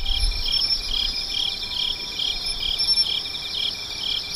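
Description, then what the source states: Japanese tree cricket song: a steady, unbroken high trill with a gentle pulsing rhythm of a few beats per second, over faint background hum. Calling live at the site; described as a rare insect with a low, continuous 'korokoro' sound, called the queen of insects.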